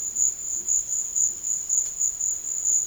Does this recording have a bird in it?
no